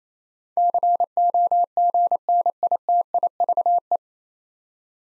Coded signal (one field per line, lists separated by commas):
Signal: Morse code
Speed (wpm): 28 wpm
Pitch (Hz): 700 Hz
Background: none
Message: COGNITIVE